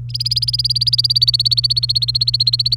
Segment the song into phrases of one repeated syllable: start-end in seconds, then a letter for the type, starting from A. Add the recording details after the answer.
0.09-2.77 A. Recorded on 28 April 2018 at 09:42. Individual llb3